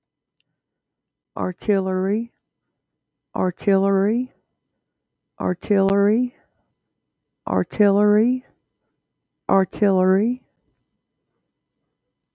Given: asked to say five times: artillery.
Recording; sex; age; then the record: repeated word; female; 40 to 49 years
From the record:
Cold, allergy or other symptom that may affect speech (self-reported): no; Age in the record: 46 years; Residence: Virginia, United States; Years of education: 12